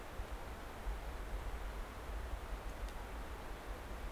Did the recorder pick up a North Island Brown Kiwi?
no